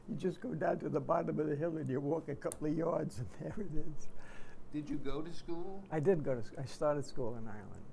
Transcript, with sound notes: You just go down to the bottom of the hill and you walk a couple of yards and there it is." [chuckles]
Did you go to school?
I did go to s — I started school in Ireland.